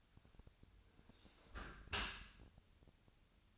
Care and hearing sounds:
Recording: daily activity, microphone in the room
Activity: close dishwasher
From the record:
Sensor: 2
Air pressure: 1006.6 hPa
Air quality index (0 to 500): 202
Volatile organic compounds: 14 ppm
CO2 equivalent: 2474 ppm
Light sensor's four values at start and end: 9/22/9/9 and 9/22/9/9

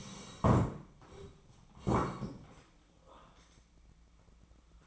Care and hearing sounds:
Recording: daily activity, microphone in the room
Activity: sit down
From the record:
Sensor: 1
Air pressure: 1012.3 hPa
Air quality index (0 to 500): 177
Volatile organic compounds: 3 ppm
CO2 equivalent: 1453 ppm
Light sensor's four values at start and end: 45/122/50/61 and 44/120/49/60

